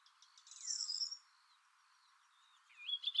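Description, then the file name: Barred warbler song: a short, buzzy, scratchy burst of high notes, then a pause with soft faint notes, and a few whistled notes at the end. "karvalyposzata hangja"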